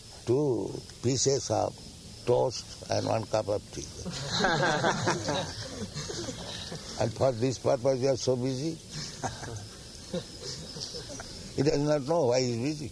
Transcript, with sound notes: two pieces of toast and one cup of tea. That's all." [laughter] And for this purpose you are so busy? He does not know why he's busy.